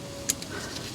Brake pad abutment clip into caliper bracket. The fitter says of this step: they just snap into place